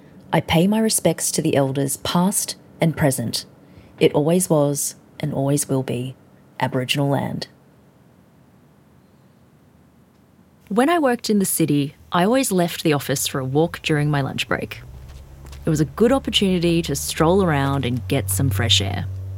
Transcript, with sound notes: I pay my respects to the elders past and present, it always was and always will be Aboriginal land. When I worked in the city, I always left the office for a walk during my lunch break. (sound of footsteps on gravel) It was a good opportunity to stroll around and get some fresh air.